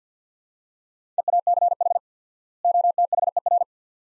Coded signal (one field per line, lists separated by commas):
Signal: Morse code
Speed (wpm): 47 wpm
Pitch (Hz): 700 Hz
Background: none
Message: EACH OTHER